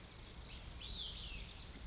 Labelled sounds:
Olive-sided Flycatcher
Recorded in Sonoma County, California

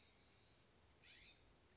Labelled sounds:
California Scrub-Jay
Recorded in Sonoma County, California

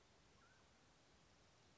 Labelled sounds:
Mountain Quail
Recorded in Sonoma County, California

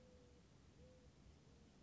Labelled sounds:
Mourning Dove
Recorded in Sonoma County, California

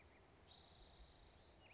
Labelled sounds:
Spotted Towhee
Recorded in Sonoma County, California

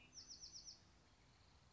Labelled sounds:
Bewick's Wren
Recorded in Sonoma County, California

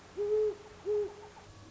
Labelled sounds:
Great Horned Owl
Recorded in Sonoma County, California

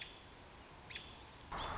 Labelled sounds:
American Robin
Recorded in Sonoma County, California

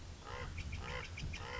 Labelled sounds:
Common Raven
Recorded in Sonoma County, California

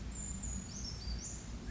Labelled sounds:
Brown Creeper
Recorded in Sonoma County, California

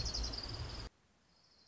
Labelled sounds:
Orange-crowned Warbler
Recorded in Sonoma County, California

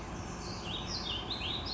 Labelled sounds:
Song Sparrow
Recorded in Sonoma County, California

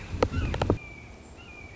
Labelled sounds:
Red-shouldered Hawk
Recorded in Sonoma County, California

